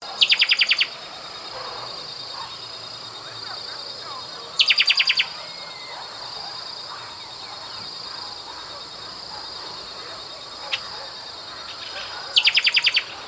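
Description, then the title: Bird song: three short bursts of rapid, high repeated notes, each under a second, spaced about four and then eight seconds apart, over a steady high hiss with faint background sounds. "LuckyPassaro Completos2Sama"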